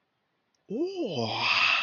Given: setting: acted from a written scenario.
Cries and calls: vocal sound without words; realization

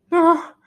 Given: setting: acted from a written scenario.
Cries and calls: vocal sound without words; fear

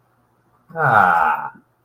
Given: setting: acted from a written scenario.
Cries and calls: vocal sound without words; serenity

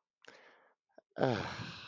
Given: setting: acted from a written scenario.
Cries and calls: vocal sound without words; serenity

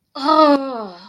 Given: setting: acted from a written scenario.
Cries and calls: vocal sound without words; disgust

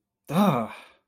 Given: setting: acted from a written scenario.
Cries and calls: vocal sound without words; negative surprise

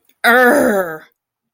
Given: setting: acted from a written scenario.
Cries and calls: vocal sound without words; anger

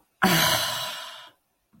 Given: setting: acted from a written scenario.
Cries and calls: vocal sound without words; disappointment

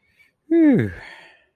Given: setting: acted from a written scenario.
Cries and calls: vocal sound without words; contentment

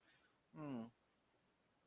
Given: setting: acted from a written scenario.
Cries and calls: vocal sound without words; neutral

